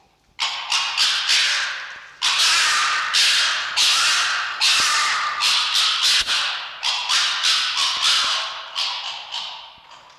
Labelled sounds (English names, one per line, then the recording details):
Red Fox
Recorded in captivity
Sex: female
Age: adult
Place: Zoologisches Institut der HUB, Berlin, DE
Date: 1953-02-13 19:50
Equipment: Elmetra
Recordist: Tembrock, Günter